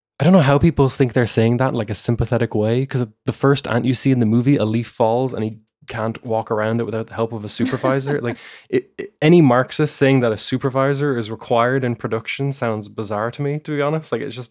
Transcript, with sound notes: I don’t know how people think they’re saying that like a sympathetic way, ’cause the first ant you see in the movie, a leaf falls, and he can’t walk around it without the help of a supervisor… [chuckle] Any Marxist saying that a supervisor is required in production sounds bizarre to me, to be honest, like it’s just…